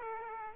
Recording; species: mosquito wingbeat signal from an infrared sensor; Aedes aegypti